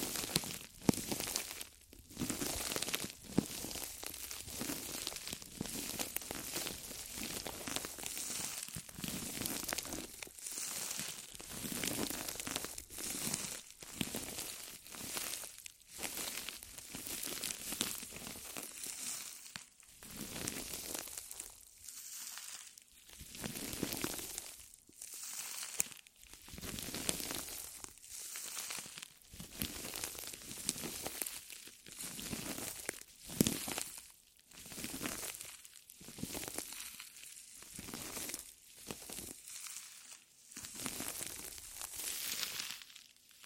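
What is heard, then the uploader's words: Sounds inside the ears: a steady run of crinkling and rustling, like plastic or paper being handled, for the whole 43 seconds. Hissy, bright scrapes arrive in quick, uneven bursts, with only brief gaps between them and no pauses. ASMR Sleep Sounds Inside Your Ears! (No Talking).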